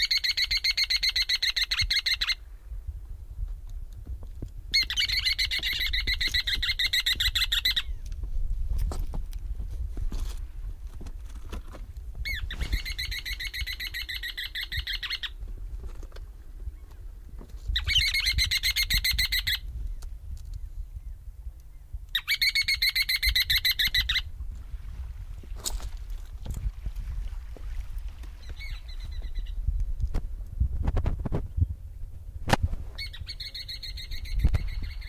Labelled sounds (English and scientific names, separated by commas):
Ruddy Turnstone (Arenaria interpres) call